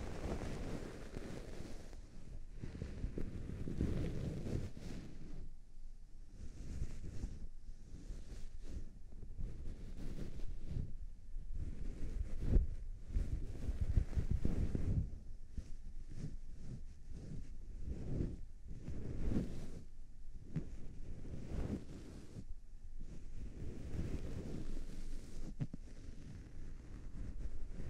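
Ear cleaning and massaging: a steady run of low, muffled rubbing and rumbling that swells and eases in uneven waves, with short quieter dips in between. A couple of sharp clicks stand out around the middle.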